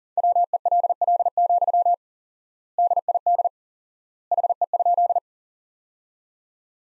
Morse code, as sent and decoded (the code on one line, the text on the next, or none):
.-- . .-.. .-.. --..-- / -.. .. -.. / .... . ..--..
WELL, DID HE?